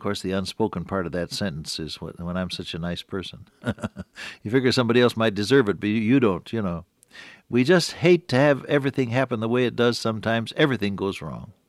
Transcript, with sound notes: And of course, the unspoken part of that sentence is, “When I’m such a nice person.” [chuckle] You figure somebody else might deserve it but you don’t, you know. We just hate to have everything happen the way it does sometimes, everything goes wrong.